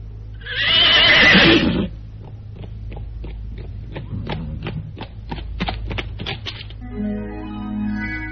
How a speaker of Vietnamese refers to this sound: Kìa, tiếng ngựa gì thế? Dường như tiếng nghe Bạch Long Phi.